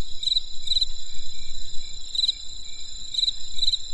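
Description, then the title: Insect song: a few brief trilled chirps at irregular intervals over a steady high whine and soft low background noise. Insects calling on a winter night in the countryside. "There was a crisp sound of insects in the winter night. Come and experience a sound therapy feast from the countryside"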